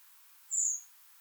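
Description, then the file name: Common blackbird uttering a single thin, high-pitched seee note, slightly falling, against near silence. "Turdus merula"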